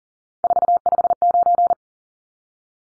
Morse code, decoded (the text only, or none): 459